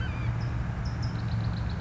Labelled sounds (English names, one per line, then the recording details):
California Towhee
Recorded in Sonoma County, California